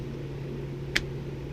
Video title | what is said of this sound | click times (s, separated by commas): Best Kydex Sheath Options- Yellow Hawk Customs Outdoors. WOW! | but it has great retention the reason it doesn't have a super click that you can hear | 1.0 s